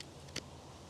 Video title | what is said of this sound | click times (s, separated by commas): The Newest Mini Drone Killer? This One Has a Chance! | I didn't really hear the click either, but trust me, it clicked. | 0.4 s